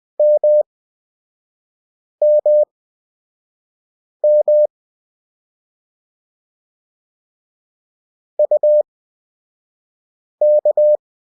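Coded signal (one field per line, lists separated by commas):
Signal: Morse code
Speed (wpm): 20 wpm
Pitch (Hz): 600 Hz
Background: none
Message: MMM UK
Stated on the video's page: Beginner Morse practice of the characters K, M and U with Farnsworth timing, 5 WPM effective speed at 20 WPM character speed.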